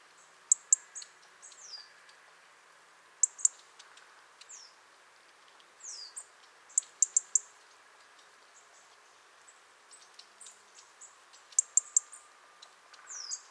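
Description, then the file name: European robin calls: sparse, very high, thin ticks and short squeaky whistles in small clusters every second or two, with soft faint notes between them over quiet background hiss. "Erithacus rubecula"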